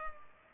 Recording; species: mosquito wingbeat signal from an infrared sensor; Culex pipiens